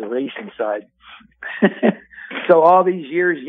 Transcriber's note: laughs